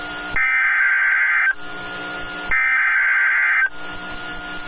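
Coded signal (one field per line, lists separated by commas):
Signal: Emergency Alert System (SAME) tones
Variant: header bursts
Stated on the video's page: Real Severe Thunderstorm Warning; tones stated to be valid.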